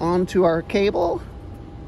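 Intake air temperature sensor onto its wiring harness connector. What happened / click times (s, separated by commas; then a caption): The sensor connector is being handled but has not yet seated / none. An intake air temperature sensor on a Chrysler Pacifica 3.6L Pentastar is handled after cleaning, about to be pushed back onto its plastic wiring harness connector. Someone talks over a low steady background hum. Nothing has seated or clicked yet.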